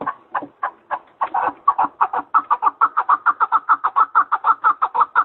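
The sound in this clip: Partridge call of coarse chuck notes, irregular and uneven at first, then settling into a fast, even rhythm that continues to the end.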